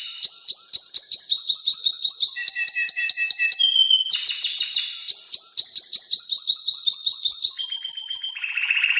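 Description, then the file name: Canary song, a continuous run of high trills and rapid repeated notes, shifting between tours with buzzy rattles and clear whistled phrases. "Canary Singing"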